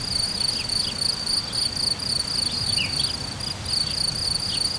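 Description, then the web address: High, rapid cricket trill pulsing without a break, while a few faint bird chirps and a low rumble sit underneath. Hortobágy, 2014, in nature. "allathangok termeszetben tucsok 2014 hortobagy"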